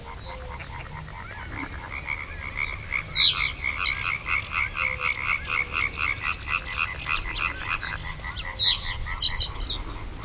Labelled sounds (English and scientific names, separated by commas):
Reed Bunting (Emberiza schoeniclus)